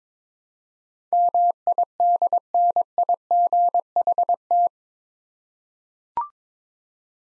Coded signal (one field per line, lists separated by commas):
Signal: Morse code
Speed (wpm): 22 wpm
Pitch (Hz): 700 Hz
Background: none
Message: MIDNIGHT